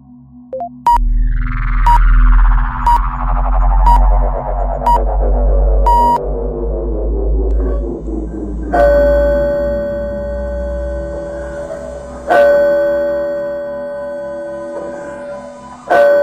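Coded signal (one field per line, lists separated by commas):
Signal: radio time signal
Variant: Polish Radio pips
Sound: five short 1 kHz beeps a second apart, then a longer sixth beep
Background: synthesizer music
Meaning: The start of the last, lengthened pip marks 12:00 noon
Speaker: za chwilę nadamy sygnał czasu z laboratorium czasu i częstotliwości głównego Urzędu Miar w Warszawie początek ostatniego wydłużonego sygnału oznacza godzinę 12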